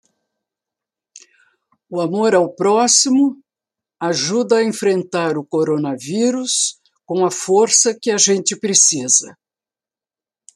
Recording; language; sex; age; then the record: spoken sentence; Brazilian Portuguese; female; 60 to 69 years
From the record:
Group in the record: control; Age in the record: 67 years